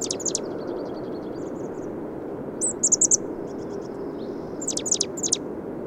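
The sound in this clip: Bird song of fast, high twittering phrases, soft rattling trills and sharp downslurred notes, repeated throughout over background hiss.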